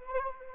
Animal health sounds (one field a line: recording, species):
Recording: mosquito wingbeat signal from an infrared sensor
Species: Anopheles arabiensis